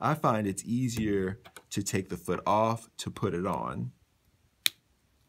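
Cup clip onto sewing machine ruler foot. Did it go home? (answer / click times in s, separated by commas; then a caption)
yes / 4.7 s. Someone talks as a plastic quilting cup clip is pushed onto a sewing machine ruler foot that has been taken off the machine. A single sharp click at 4.7 s marks the cup clip snapping into place on the ruler foot.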